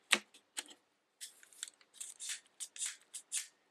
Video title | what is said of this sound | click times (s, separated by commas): RZ67 Pro II Video Manual / 8 - Attaching/Removing Lenses | the only way that you hear that click is when you open it so | 0.1 s